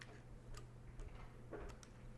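While reconfiguring a weapon-mounted Mawl C1+ clone laser aiming unit for left- or right-handed use, a switch/button part is pushed back into its two locating holes in the housing. Faint handling ticks at 0.0 s and 0.6 s lead to a final sharp click at 1.8 s as the part locks into place.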